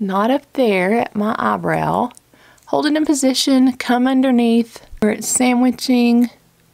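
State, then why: Not seated. A magnetic false-eyelash piece is held in position and brought from underneath toward the matching magnetic lash, sandwiching the natural lashes, while someone talks throughout. No distinct click is heard, and nothing has seated or clicked yet.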